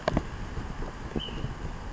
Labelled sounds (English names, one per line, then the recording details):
Ash-throated Flycatcher
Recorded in Sonoma County, California